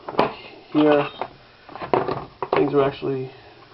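A loose socket from a Harbor Freight Pittsburgh 105-piece tool kit is handled near its plastic socket rail clip while someone talks, with a few short, sharp knocks and taps along the way. Nothing has seated or clicked yet.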